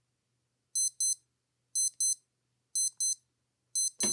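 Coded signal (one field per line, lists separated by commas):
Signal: none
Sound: stopwatch and watch beeps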